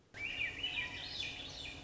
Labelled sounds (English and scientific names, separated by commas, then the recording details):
Warbling Vireo (Vireo gilvus)
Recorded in Sonoma County, California